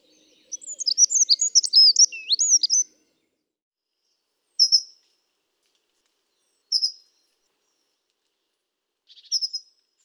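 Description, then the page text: Dunnock song: a quick, jangling high warble lasting about two seconds, followed by three short, thin, high call notes spaced a couple of seconds apart. "Accenteur mouchet. Sonothèque ornithologie – Nature et Vie"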